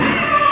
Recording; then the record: squeal of a Yucatan mini pig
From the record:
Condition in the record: before surgery on the right vocal fold (resection and tissue-engineered implant); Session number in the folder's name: 2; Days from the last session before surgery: 0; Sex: male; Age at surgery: 12 weeks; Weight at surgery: 13 kg